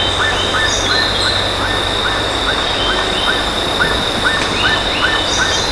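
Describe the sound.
Bird calls as brief arched chirps, repeated at uneven intervals of roughly half a second, set against continuous loud background noise and a steady high-pitched tone.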